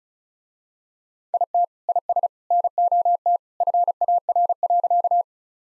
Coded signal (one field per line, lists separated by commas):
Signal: Morse code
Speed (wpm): 36 wpm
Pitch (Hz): 700 Hz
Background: none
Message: IT IS NOT FAR.